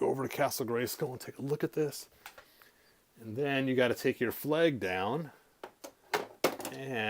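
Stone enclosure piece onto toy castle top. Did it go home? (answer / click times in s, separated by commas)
yes / 6.1 s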